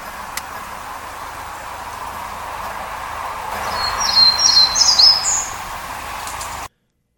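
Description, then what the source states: Townsend's Warbler song: a short series of high, thin buzzy notes over a faint hiss. Recorded at Totem Park, Sitka; fairly typical of the local song, which sounds different in other parts of the range.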